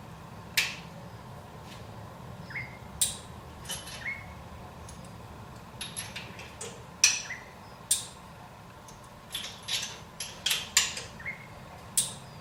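Rocker studs on a 351 Cleveland cylinder head from an XC Falcon Coupe are tightened one after another with a deflecting beam torque wrench set to 45 during a head re-torque. Sharp metallic clicks ring out at 0.6, 3.0, 7.0, 7.9, 10.8 and 12.0 seconds, with fainter ticks in between over a low steady background. Each click marks the wrench reaching its set torque on a stud.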